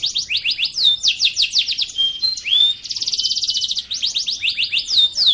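Bird song, a fast, unbroken stream of high down-slurred notes and trills, with clear whistles and a buzzy rattled stretch midway, no other sounds.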